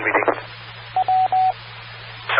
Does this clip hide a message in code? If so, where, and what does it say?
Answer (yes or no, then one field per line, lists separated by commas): no